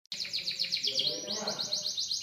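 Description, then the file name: Canary singing a quick series of high notes that swoop downward, then a run of rapid repeated notes continuing to the end. "kenari van helsing omkicau"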